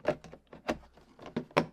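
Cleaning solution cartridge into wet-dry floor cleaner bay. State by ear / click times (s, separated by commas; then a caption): seated / 1.6 s. A cleaning solution cartridge is lined up and pushed into the bay of a eufy E25 wet-dry floor cleaner. Several softer knocks and rustles come first, then a sharp snap at 1.6 s as it seats home.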